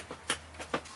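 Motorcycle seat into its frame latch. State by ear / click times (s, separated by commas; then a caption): partly seated / none. A new motorcycle seat is pressed down onto its frame and latch, with the key involved, producing two sharp knocks near 0.3 and 0.7 seconds and softer taps around 0.1 and 0.6 seconds. The latch has not clicked all the way yet, though the seat is on the bike.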